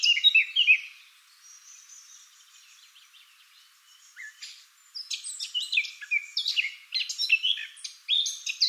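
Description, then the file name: Eurasian blackcap song: an opening warbled flourish, several quieter seconds with faint notes, then a long, loud rush of varied whistles and chattering warbles. "Sylvia atricapilla"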